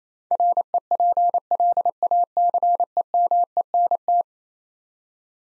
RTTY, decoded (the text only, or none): none